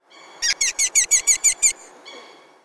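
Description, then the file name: Red-footed falcon calls: a rapid series of eight shrill, harmonic kee notes, evenly spaced about every sixth of a second, then a weaker trailing note; background hiss. "Falco vespertinus"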